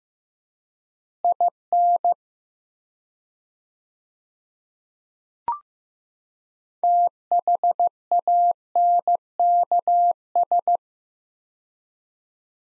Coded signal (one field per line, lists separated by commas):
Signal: Morse code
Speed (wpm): 15 wpm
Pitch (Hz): 700 Hz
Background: none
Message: IN THANKS